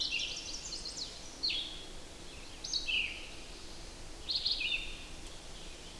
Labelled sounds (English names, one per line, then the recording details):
Red-eyed Vireo song
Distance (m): 35 m
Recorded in boreal forest in Alberta, Canada, on 8 June 2016 at 07:57
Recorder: SongMeter 3, array SBT-3-9
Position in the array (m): 10 m, 113 m